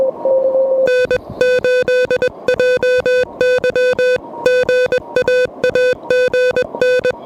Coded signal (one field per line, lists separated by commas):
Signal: Morse code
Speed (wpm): 21 wpm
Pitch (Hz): 1500 Hz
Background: music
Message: N8JY GA AGN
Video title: QRP POTA in Motion: Pedestrian Mobile with the Elecraft KH1!